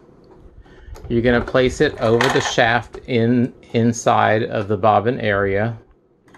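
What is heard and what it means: Someone talks while a metal bobbin case is placed over the shaft inside the bobbin area of a vintage Meister 76 Programatic sewing machine. Faint light taps of handling are heard right at the end, around 6.3 to 6.4 seconds. Nothing has seated or snapped into place yet.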